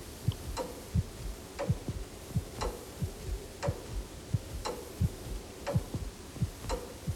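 The tower clock mechanism in the church tower of Vor Frelsers Kirke in Copenhagen ticks steadily, a hollow, bony tick roughly twice a second, with a deeper thump under each beat and a faint low hum between them, no voices.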